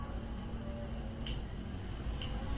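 A miter saw arm is swung to the 45° position and drops into its angle detent stop, with two short clicks at 1.3 s and 2.2 s over a steady background hiss. The arm is seated in the 45° detent.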